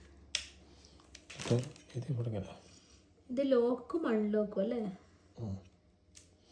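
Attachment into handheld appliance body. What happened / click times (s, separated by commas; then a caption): The attachment snapped into its socket / 0.4 s. An attachment is pushed into its socket on a small handheld appliance, apparently a handheld vacuum, and a single sharp, loud snap rings out at 0.4 s as it seats. Someone then talks over a few soft handling noises, and the attachment stays locked in place.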